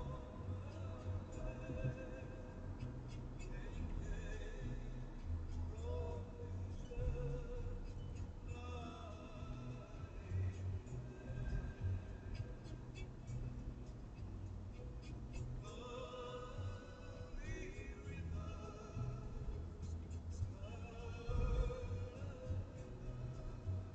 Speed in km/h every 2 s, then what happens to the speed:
69, 66, 62, 58, 53, 51, 52, 54, 54, 54, 56, 59.
0-9 slows to 51. 9-18 steady at about 54.